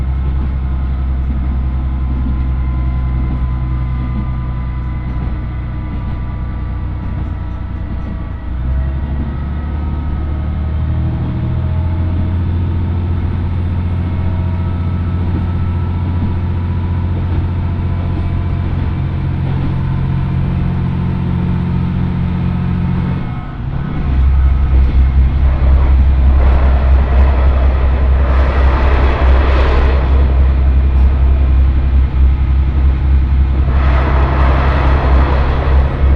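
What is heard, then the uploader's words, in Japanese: Inside a first-morning train leaving Itoigawa, a steady low engine drone shifts pitch around 10 and 24 seconds, growing louder with rattling bursts. 耳で楽しむ鉄道旅 大糸線 糸魚川→平岩。糸魚川を出る大糸線の始発列車で南小谷へと向かいます。糸魚川を出て最初は郊外を走る感じが、徐々に川とゴロゴロした岩場の連続になってきて平岩に到着します。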